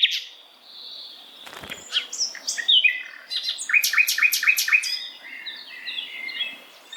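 Bird singing a lively, varied phrase of chirps and short slurs, with a quick stuttering series of bright notes in the middle and softer twitters trailing off.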